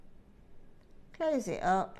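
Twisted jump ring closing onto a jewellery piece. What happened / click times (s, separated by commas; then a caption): Handled, not yet closed: no click from the jump ring / none. A twisted metal jump ring that came open during a jewellery demo is being popped back onto the piece and its ends brought back together. Faint low background noise precedes someone talking from about 1.2 s. Nothing has seated or clicked yet.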